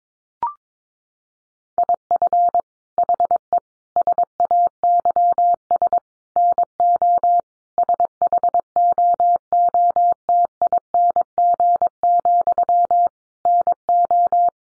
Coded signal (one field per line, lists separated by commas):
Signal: Morse code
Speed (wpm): 22 wpm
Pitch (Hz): 700 Hz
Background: none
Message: IF HE SAYS NO SHOOTING, NO